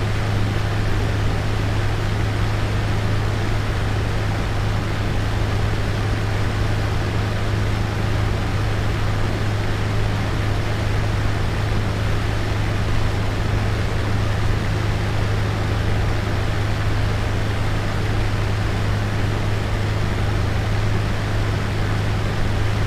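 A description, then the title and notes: A fan runs with a constant, unchanging hum for the whole stretch. A strong low drone sits beneath a dense, even hiss that spreads up into the highs, with no breaks, swells or separate events. It sounds steady throughout. The constant hum of this white noise fan can help you relax and fall asleep at night. Fan Noise.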